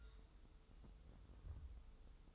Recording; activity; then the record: daily activity, microphone in the room; take from stove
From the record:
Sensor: 3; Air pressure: 988.3 hPa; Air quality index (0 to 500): 191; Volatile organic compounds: 271 ppm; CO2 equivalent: 4414 ppm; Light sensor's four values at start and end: 24/75/31/27 and 24/75/31/27